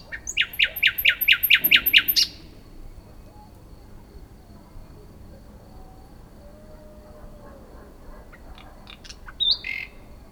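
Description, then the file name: Common nightingale song: about eight loud, evenly spaced sharp notes repeated in quick succession, then a quiet pause and a few brief chips near the end. "Luscinia megarhynchos"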